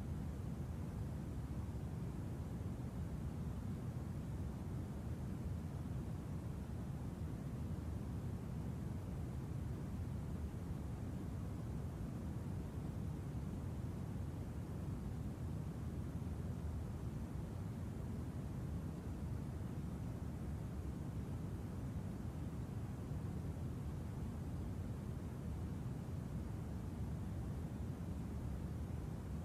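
A waterfall pours in a steady, unbroken rush for the whole half minute. The roar is dense and weighted toward the low end, with a softer hiss above it and no separate splashes or other sounds breaking through.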